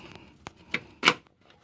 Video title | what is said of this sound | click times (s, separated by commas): ICI Magnum RT 3 step running board installation on 2015 2500 silverado | in place bam just like that it'll click in place | 1.1 s